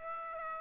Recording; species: mosquito wingbeat signal from an infrared sensor; Aedes aegypti